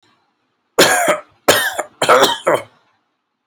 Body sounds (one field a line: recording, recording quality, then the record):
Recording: heavy voluntary cough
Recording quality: excellent, no background noise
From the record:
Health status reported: healthy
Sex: male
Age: 25 years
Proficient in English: yes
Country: India